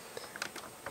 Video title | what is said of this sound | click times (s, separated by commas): LEGO City 2023 Emergency Vehicles HQ 60371 Exploration & Review | pretty cool just snaps back | 0.4 s